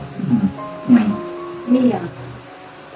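A leg piece is being handled into a frame, pushed so it will lock, while music plays and someone talks. Nothing has seated or clicked yet; the clip ends just before the part goes home.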